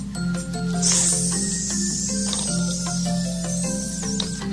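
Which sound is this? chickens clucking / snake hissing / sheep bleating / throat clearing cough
snake hissing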